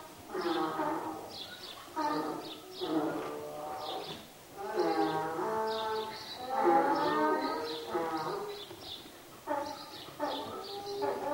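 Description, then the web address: Donkey braying in repeated harsh bursts with rich harmonics, several brays running throughout. Donkeys in a shed, braying and eating. "BBC Donkeys"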